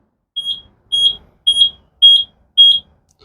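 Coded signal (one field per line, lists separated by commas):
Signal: beep code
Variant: Drive mobility scooter controller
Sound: five short high-pitched piezo beeps, evenly spaced about half a second apart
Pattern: 5 short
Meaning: Five beeps indicate a magnetic brake problem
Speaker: 5 beeps. That says it's a problem with the mag brake, right?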